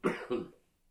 Male cough.